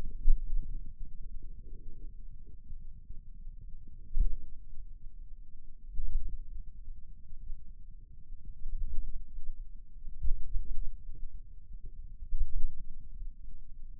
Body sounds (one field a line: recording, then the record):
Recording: forearm muscle sounds (acoustic myography)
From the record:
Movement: pen grasping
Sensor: system 2, bracelet of six BSWA MPA416 microphones around the upper forearm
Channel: 6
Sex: male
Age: 22 years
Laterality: right